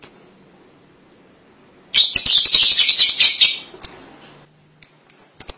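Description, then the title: Lovebird chatter: a single chirp and a quiet pause, then a loud harsh twittering burst of nearly two seconds, then several sharp high single chirps. "BM Suara Burung Lovebird"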